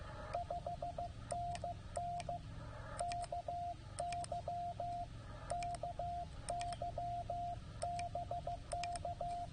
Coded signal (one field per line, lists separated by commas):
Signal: Morse code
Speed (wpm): 16 wpm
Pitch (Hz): 700 Hz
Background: radio noise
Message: 5NN KY KY BK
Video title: CW POTA at Land Between the Lakes in KY 04Nov2023